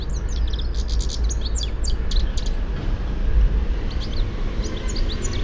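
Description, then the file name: European goldfinch calls, a dense run of sharp high chirps over the first two seconds, then scattered twitters later, with heavy low rumbling noise throughout. "Carduelis carduelis"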